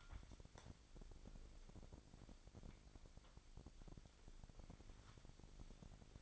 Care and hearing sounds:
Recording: daily activity, microphone in the room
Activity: wipe stove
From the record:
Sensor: 5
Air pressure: 1001.7 hPa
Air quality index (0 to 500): 174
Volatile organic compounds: 10 ppm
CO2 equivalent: 2234 ppm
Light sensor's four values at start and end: 23/79/29/30 and 22/77/29/30

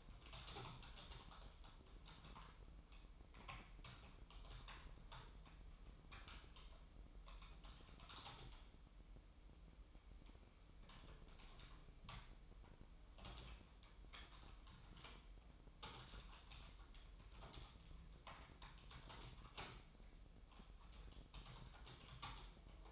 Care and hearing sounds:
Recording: daily activity, microphone in the room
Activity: typing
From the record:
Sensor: 1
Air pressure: 988.8 hPa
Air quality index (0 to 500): 204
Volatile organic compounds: 1000 ppm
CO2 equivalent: 5430 ppm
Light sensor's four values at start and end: 25/93/35/36 and 25/93/35/36

